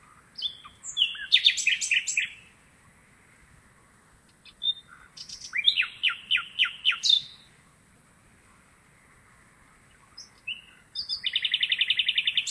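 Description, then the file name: Common nightingale song: several varied phrases of sharp notes and quick repeated chirps, closing with a long fast rhythmic series of notes. "Luscinia megarhynchos"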